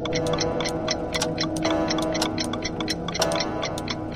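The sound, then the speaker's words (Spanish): A clock ticks steadily at a quick pace, crisp clicks repeating several times a second over a low, continuous mechanical hum, with no voices. “Eran relojes cínicos.”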